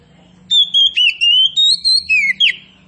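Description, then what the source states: Oriental magpie-robin song: a single phrase of drawn-out, pure whistles sliding up and down, with a faint low hum underneath. Kacer poci type, described as singing vigorously (gacor).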